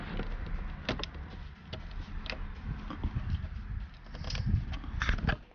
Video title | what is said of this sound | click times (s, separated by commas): Installing BIG Android 9.0 Infotainment Screen into Lexus RCF w/ CarPlay - Detailed DIY Guide | Hear it lock and click. | 5.0 s, 5.1 s